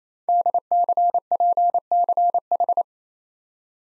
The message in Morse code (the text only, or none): DCPCH